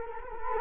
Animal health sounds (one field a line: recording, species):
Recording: mosquito wingbeat signal from an infrared sensor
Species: Culex quinquefasciatus